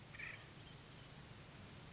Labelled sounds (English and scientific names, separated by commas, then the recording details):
Acorn Woodpecker (Melanerpes formicivorus)
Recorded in Sonoma County, California